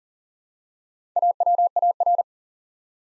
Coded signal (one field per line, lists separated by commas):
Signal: Morse code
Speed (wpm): 40 wpm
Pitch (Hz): 700 Hz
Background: none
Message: AWAR